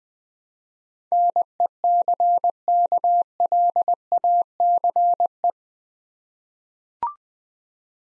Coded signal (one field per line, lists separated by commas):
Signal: Morse code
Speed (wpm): 20 wpm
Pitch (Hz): 700 Hz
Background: none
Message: NECKLACE